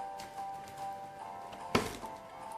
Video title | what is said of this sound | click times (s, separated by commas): REVIEW MIXER TERLENGKAP -- MITO MX 100 | Hai kemudian angkat kepala mixer Sampai bunyi klik yang jadi seperti ini Hai keangkat | 1.8 s